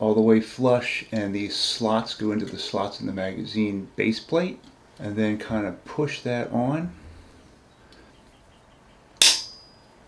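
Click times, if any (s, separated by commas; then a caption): 9.2 s. A Springfield Hellcat pistol magazine base plate is slid and forced onto the magazine body while someone talks for the first seven seconds. After a quiet stretch and a faint tick near 7.9 seconds, a sharp, loud snap at 9.2 seconds marks the spring's locking piece snapping into its slot, seating the base plate home.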